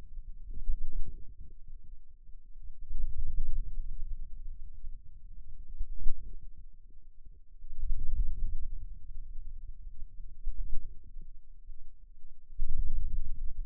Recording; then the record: forearm muscle sounds (acoustic myography)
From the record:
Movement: wrist flexion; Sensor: system 2, bracelet of six BSWA MPA416 microphones around the upper forearm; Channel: 5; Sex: male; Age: 22 years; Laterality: right